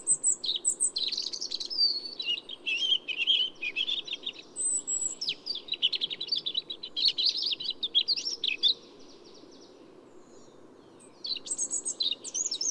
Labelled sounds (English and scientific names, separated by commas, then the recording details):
European Robin (Erithacus rubecula) song
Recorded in the wild
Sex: male
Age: adult
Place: Schönow, Naturpark Barnim, Brandenburg, DE
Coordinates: 52.6858, 13.5347
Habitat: forest
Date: 2005-03-28
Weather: fair, ca. 3 - 4°C, weak winds
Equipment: Tascam DA-P1, Telinga Pro 5
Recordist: Frommolt, Karl-Heinz